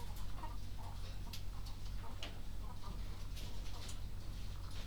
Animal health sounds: poultry house recording; sick chickens (respiratory disease)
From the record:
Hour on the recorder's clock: 23

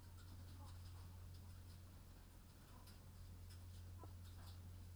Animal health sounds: poultry house recording; sick chickens (respiratory disease)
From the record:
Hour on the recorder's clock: 22

